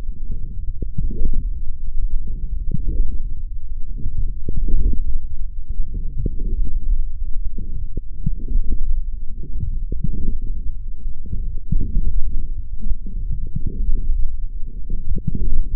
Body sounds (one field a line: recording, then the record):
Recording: forearm muscle sounds (acoustic myography)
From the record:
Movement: forearm pronation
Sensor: system 1, eight BSWA MPA416 microphones around the upper forearm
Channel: 8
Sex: male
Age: 21 years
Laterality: right